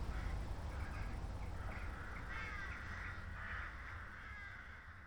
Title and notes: St. Peter-Ording, 25826 Sankt Peter-Ording, Germany - crows at night kraehen am spaeten abend. ein kraehenschwarm am abendhimmel. a swarm of crows at night sky